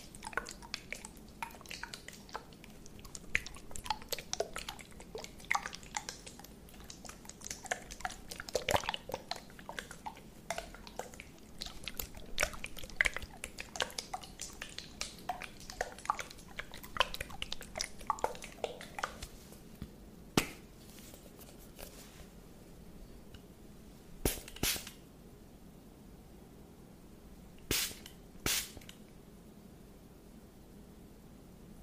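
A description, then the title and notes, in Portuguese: ASMR trigger sounds: for the first twenty seconds a dense stream of crisp taps, clicks and crinkles, busy and irregular. After that it thins to a few isolated sharp taps around 20, 24 and 28 seconds over a soft, steady low hum. ASMR com gatilhos super relaxantes com a cor preta.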